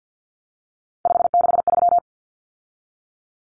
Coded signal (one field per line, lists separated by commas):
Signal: Morse code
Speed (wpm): 50 wpm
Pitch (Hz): 700 Hz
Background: none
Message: 563